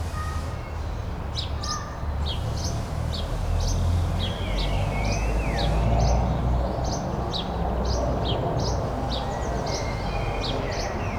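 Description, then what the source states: Bird chirps repeated rapidly in short high bursts, plus a few gliding whistled notes, all above a steady heavy low-frequency hum. Birdsong in a city garden.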